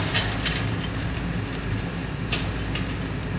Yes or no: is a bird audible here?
no